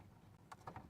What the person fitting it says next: you hear a little click there we go